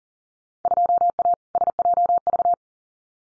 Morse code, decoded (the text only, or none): 2A SJV